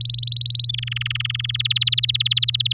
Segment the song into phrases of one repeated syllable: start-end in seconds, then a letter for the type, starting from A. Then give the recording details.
0.01-0.66 A, 0.69-1.57 B, 1.59-2.73 C. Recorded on 8 May 2018 at 10:36. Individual llb16